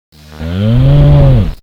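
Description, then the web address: Wildebeest call: one low, nasal, moaning grunt lasting about a second and a half, rich in harmonics, swelling in the middle and fading out, with no other sounds. "MOBICLIC. gnou"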